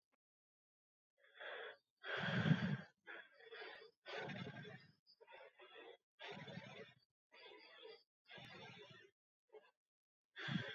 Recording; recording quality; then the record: shallow breathing; excellent, no background noise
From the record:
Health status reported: exposed to COVID-19, no respiratory illness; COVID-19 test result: negative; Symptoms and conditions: cough, sore throat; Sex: male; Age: 40 years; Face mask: not worn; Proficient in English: yes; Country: India